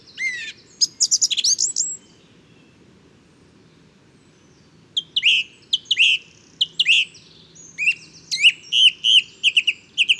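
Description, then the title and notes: Song thrush song of sharp chattering notes, a pause, then a long series of repeated whistled notes, each figure given two or three times. Inventive, varied male singing just after daybreak, 12 February 2019, Bois de Château Serein; Nagra Seven recorder with Telinga Pro7. "Première mélodie de printemps. 12 février 2019-Bois de chateau serein. Grive musicienne (Turdus philomelos). Troglodyte mignon (Troglodytes troglodytes)"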